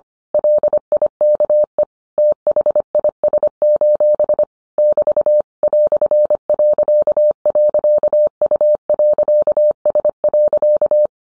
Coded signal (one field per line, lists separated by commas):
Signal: Morse code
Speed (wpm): 25 wpm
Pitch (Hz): 600 Hz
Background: none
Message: LIKE THIS: <BT> "..U.S.